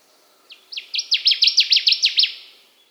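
Connecticut warbler song: a series of about ten sharp, quickly repeated notes over roughly two seconds, growing louder after the first few.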